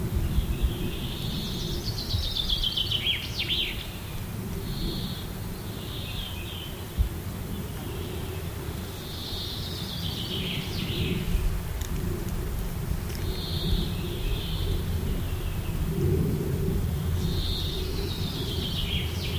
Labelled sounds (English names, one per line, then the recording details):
Common Chaffinch
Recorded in the wild
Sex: male
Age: adult
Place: Halbinsel Kindo, Karelien, RU
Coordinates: 66.5375, 33.0908
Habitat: taiga
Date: 1995-06-21
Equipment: Sony WM-D6C, Sennheiser MKH 416 T, Kopie Revox C 270
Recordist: Frommolt, Karl-Heinz